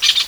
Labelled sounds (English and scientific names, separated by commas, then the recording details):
Brown-throated Parakeet (Eupsittula pertinax) contact call
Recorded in Venezuela
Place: Guárico; Corozopando; Fundo La Fe
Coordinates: 8.506, -67.593